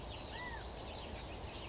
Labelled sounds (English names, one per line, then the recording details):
California Quail
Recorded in Sonoma County, California